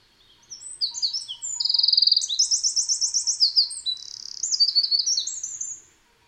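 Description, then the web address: Eurasian wren song: a loud, rapid outpouring of high, varied notes, fast trills and rattling runs, lasting about five seconds without pause. Recorded at Valsolda. "cibra valsolda. Scricciolo"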